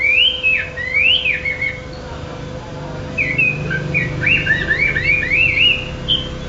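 Chinese hwamei singing loud, swooping whistled phrases, pausing briefly before a fast run of varied rising and falling whistles, with a constant low hum beneath.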